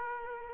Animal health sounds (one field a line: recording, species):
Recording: mosquito wingbeat signal from an infrared sensor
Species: Culex quinquefasciatus